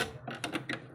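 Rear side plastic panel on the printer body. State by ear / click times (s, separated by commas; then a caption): not seated / none. A rear side plastic panel of an HP LaserJet M1005 MFP printer's housing is being fitted onto the printer body. Brief clicky, rattling handling noises are heard. Nothing has seated or clicked yet.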